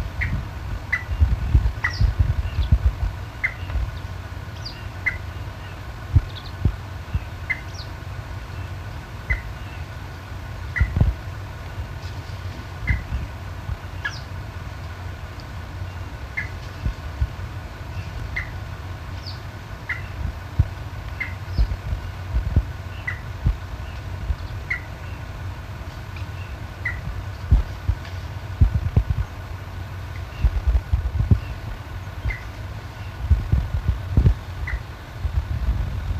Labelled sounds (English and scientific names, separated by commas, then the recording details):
Little Crake (Porzana parva) call
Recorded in the wild
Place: Illmitz, AT
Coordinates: 47.7544, 16.7631
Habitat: wetland
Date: 1963-08-13
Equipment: Uher Report 4000, AKG D190
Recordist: Krey, Winfried
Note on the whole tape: (Rufe.)